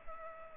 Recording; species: mosquito wingbeat signal from an infrared sensor; Culex pipiens